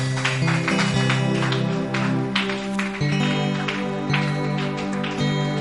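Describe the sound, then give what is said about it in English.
An audience claps along for the Lord in a steady rhythm over loud, sustained worship music with a sung melody; the claps blend into the music rather than standing out sharply. “Shall we clap our hands all along? Applaudissons pour le Seigneur.”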